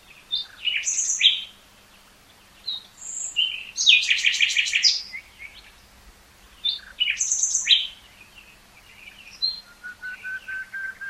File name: Luscinia megarhynchos